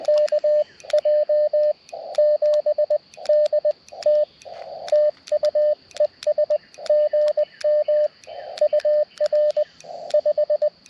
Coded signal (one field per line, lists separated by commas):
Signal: Morse code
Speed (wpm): 20 wpm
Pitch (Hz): 600 Hz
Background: radio noise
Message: KJ7DT TU ES GM UR 5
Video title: EDC Ham Radio Go-Kit for QRP POTA - 5/23/23 @ K-3864